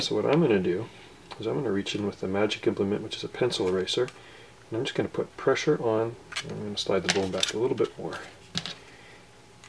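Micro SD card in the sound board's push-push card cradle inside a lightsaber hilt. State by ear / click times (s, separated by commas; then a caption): released / 8.6 s. A micro SD card in the spring-loaded push-push card cradle of the sound board inside a lightsaber hilt is pressed with a pencil eraser while someone talks. The latch releases with a sharp click at 8.6 s and the card pops out of the slot.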